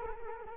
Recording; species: mosquito wingbeat signal from an infrared sensor; Culex quinquefasciatus